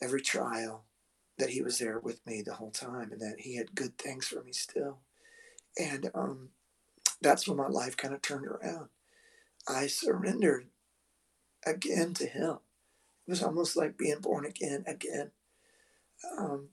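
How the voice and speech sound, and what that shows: A man speaks in short phrases separated by frequent pauses. His voice is strained and rough, with creaky, catching moments on vowels. These breaks fit spasmodic dysphonia, an incurable vocal disorder in which the muscles around the vocal cords spasm when he tries to sing or speak.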